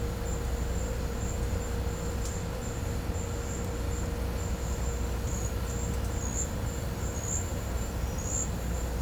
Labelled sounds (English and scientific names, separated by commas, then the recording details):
none
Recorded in pastures near Puerto Asís, Putumayo, Colombia, on 16 December 2024 at 13:30
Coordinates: 0.502, -76.324
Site G077